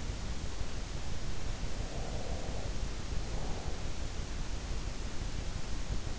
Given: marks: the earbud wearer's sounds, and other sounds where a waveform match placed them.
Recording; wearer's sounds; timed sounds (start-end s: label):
sounds in sleep by an in-ear microphone; breath
1.81-3.75 s: breath